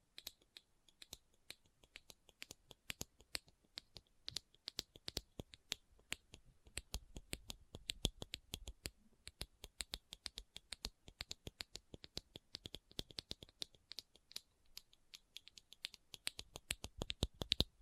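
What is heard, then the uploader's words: Items from a bag are handled, producing a steady run of sharp, crisp clicks and taps at an irregular, fairly quick pace throughout. A soft low rustle swells briefly around the middle, and a few louder snaps land near the end. ASMR What's In My Bag (No Talking).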